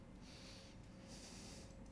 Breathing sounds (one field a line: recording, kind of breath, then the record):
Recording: one breath in and out by a microphone near the nose and mouth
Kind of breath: deep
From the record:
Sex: male